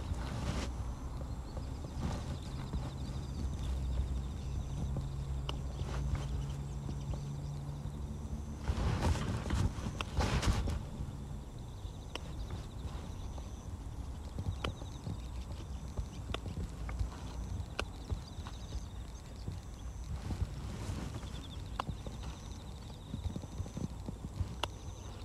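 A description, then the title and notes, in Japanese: Weeding a carrot bed at dusk, with grass pulled by hand and larger stems snipped with scissors. Short crisp clicks and snips come irregularly throughout, with a louder burst of rustling around nine to ten seconds. A low hum sits underneath for the first few seconds. ガサガサ音あり 人参除草／夕暮れ。片手にハサミを持ちながら、草を抜きつつ、大きいものはチョンチョン切っていきます。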